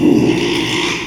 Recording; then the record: squeal of a Yucatan mini pig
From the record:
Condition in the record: after surgery on the right vocal fold (resection and tissue-engineered implant); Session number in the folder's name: 1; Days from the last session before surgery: 6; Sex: male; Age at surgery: 12 weeks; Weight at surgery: 13 kg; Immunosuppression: cyclosporine, prednisolone